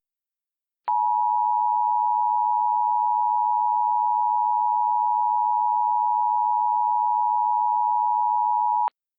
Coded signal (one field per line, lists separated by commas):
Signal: Emergency Alert System (SAME) tones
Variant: 853 and 960 Hz attention tone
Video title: EAS Mock Up #2 - Recreation: Law Enforcement Warning Lake, IN 12/14/20